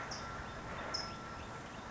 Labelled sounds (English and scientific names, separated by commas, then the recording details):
California Towhee (Melozone crissalis)
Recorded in Sonoma County, California